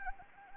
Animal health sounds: mosquito wingbeat signal from an infrared sensor; Anopheles arabiensis

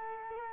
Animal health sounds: mosquito wingbeat signal from an infrared sensor; Culex quinquefasciatus

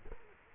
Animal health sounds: mosquito wingbeat signal from an infrared sensor; Culex quinquefasciatus

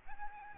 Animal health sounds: mosquito wingbeat signal from an infrared sensor; Aedes albopictus

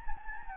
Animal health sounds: mosquito wingbeat signal from an infrared sensor; Anopheles gambiae

